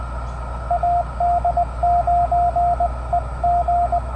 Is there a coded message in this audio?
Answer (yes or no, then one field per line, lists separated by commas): yes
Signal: Morse code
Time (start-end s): 0.7-4.0 s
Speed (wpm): 18 wpm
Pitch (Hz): 700 Hz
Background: radio noise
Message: AD9EG